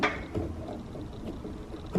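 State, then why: Not seated. An exterior door handle is handled and angled to work it into the door opening, producing soft rubbing and handling noises with brief knocks around 0.4 s and 2.0 s. The handle has not yet snapped into place; it is still being maneuvered in.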